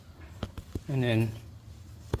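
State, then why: Released. A retaining pin is pulled from a reset hydraulic secondary timing chain tensioner on a GMC Acadia or Chevy Traverse 3.6 engine, with all bolts and guides torqued to spec. Someone talks, a few light knocks sound early on, and at 2.1 s the spring-loaded metal plunger snaps out against the chain guide with a sharp click. The tensioner is released and tight.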